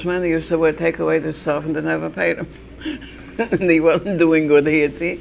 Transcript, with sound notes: They used to take away the stuff and they never paid him (she laughs) and he wasn't doing good here.